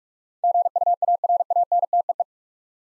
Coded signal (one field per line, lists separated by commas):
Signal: Morse code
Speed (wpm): 47 wpm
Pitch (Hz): 700 Hz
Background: none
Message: GUARANTEE